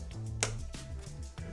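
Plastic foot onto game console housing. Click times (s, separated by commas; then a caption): 0.4 s. A plastic foot is pushed onto the body of a PS5 Pro console set in horizontal orientation, with a steady low tonal hum underneath. One sharp, loud click at 0.4 s marks the foot seating into place, followed by two much softer knocks around 0.8 s and 1.4 s.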